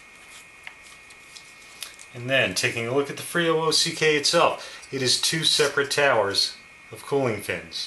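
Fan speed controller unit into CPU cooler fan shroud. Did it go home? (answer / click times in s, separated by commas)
yes / 0.7 s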